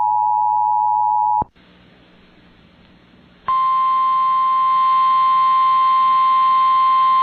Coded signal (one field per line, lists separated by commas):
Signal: Emergency Alert System (SAME) tones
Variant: 853 and 960 Hz attention tone